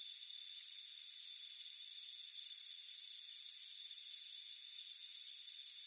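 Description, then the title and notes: Shrill cricket chirps come in quick pulsed groups, slightly irregular, over a steady high-pitched tone. "Soothing Crickets Chirping Sound. It's a warm afternoon as you relax in a hammock on the front porch. Relax and fall asleep to the soothing sound of chirping crickets. Deep Sleep Sounds"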